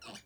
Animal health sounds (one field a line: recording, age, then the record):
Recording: pig call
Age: piglet (1 to 25 days)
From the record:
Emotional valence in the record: negative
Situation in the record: restrain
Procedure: sham castration, cut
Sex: male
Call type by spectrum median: low-frequency call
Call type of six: mixed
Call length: 0.26 s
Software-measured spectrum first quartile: 660 Hz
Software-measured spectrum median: 2352 Hz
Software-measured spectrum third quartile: 4306 Hz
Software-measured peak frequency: 212 Hz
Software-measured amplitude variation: 138 dB a second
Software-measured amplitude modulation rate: 7.8 a second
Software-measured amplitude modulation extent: 17.8 dB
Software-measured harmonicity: 1.5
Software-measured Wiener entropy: -1.43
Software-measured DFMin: 853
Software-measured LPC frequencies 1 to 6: 668, 1326, 2867, 3872, 4503, 5366 Hz